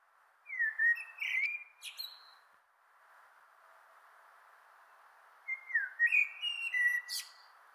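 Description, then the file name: Common blackbird song, two phrases of rich, slurred whistles, each finishing with a sharp, high twittering flourish, with a pause between them. "Turdus merula"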